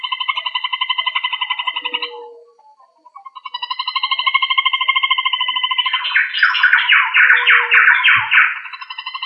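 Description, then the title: Rail, repeated fast nasal trills broken by a short pause, joined near the end by harsher, rasping overlapping notes before the steady trill resumes. "Familia Rallidae"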